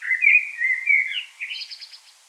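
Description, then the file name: Common blackbird singing one flowing phrase of low, mellow whistles, ending in a quick, higher, scratchy twitter. "Turdus merula"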